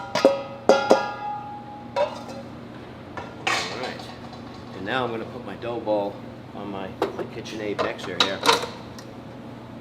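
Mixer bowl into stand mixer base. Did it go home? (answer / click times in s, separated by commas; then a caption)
no / none. A mixer bowl holding a dough ball is handled onto a KitchenAid stand mixer base, with several sharp metallic knocks and clatters early on and someone talking throughout. Nothing has seated or clicked into place yet.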